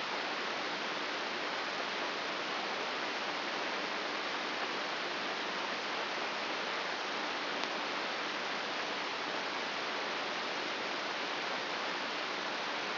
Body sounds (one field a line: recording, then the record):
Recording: brain microelectrode recording played as sound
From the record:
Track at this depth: inside the subthalamic nucleus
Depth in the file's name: 6.016 mm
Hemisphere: left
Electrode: 2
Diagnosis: Parkinson's disease